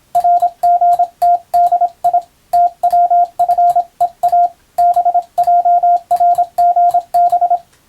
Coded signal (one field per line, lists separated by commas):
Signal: Morse code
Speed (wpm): 26 wpm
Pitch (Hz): 700 Hz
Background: radio noise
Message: RGTDI TWFEA BJRGB